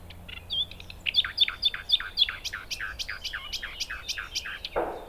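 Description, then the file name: Common nightingale song: a run of many loud, rhythmic repeated notes, several per second, each a sharp downward stroke, ending with a brief noisy thump. "Luscinia megarhynchos"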